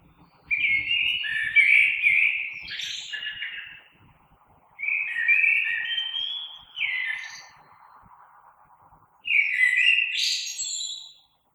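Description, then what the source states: Common blackbird song in three separate phrases, each a mellow whistle followed by a squeaky high flourish, spaced by short pauses. Recorded 3 March 2020.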